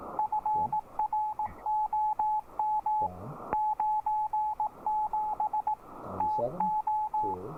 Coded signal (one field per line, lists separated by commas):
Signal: Morse code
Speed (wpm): 18 wpm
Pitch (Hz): 860 Hz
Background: none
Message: FROM 97 TO